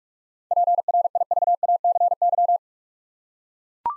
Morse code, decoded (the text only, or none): PRIVACY